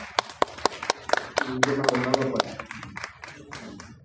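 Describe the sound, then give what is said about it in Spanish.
An audience applauds a pianist being introduced, with a burst of sharp, irregular claps at moderate loudness, thinning out over a few seconds, with a brief tonal vocal sound partway through. “Pues un aplauso por favor”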